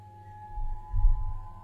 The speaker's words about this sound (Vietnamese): Tiếng chuông điện thoại vẫn cứ réo rắt từng hồi.